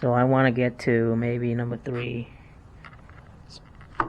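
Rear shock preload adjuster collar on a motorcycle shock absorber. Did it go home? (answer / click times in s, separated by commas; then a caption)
yes / 4.0 s. Someone talks for the first couple of seconds, then a spanner tool pulls the stepped preload collar on the rear shock of a Honda Shadow VLX 600 motorcycle around to the next setting (number two), with a few faint ticks. At 4.0 s a single sharp, loud click marks the collar dropping into its detent and seating.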